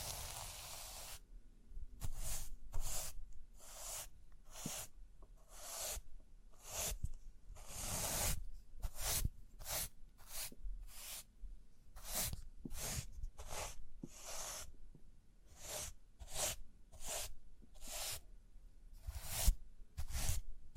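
Rhinestones are brushed and scratched in quick, regular strokes, roughly two per second, with soft tapping and low thumps between the bright swishes.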